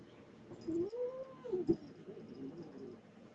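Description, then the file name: Cat giving a single drawn-out meow that rises and then falls, followed by a short call, over a background hiss. Pet cat. "My Cat Callie Meowing"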